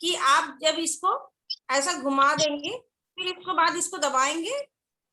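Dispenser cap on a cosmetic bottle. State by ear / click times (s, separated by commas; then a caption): not seated / none. A woman talks while the plastic twist-lock dispenser cap on a skin-care bottle is twisted and then pressed down to lock it shut so nothing spills. The clip ends before the cap goes home; nothing has seated or clicked yet.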